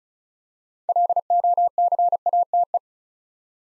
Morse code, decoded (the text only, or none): LOCATE